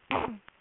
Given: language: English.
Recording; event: throat vibration sensor signal played as sound; throat clearing